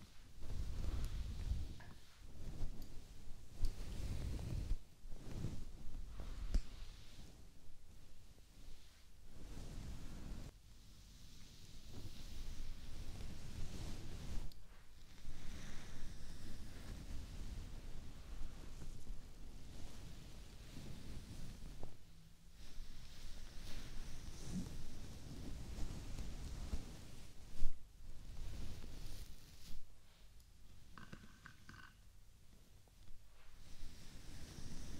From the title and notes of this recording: ASMR Relaxing Hair Brushing, Scalp Scratching/Treatment and Massage.